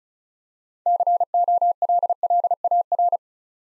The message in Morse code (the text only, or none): COLLAR